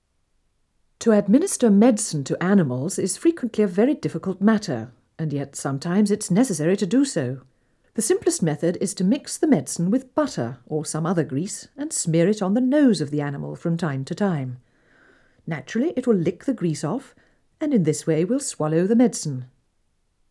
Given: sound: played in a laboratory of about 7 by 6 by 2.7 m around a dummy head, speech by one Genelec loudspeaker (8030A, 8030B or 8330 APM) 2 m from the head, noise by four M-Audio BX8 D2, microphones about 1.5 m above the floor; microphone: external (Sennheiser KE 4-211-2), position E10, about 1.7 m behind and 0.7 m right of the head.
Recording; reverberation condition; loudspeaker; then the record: female speech in English; low; 150 degrees to the right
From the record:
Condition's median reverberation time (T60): about 310 ms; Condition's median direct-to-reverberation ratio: about 3.5 dB